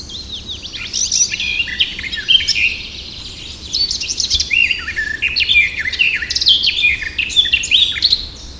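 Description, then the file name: Eurasian blackcap song, a rapid jumble of scratchy and clear warbled notes in bursts, mostly high-pitched, with a short quiet pause between phrases. "Sylvia atricapilla"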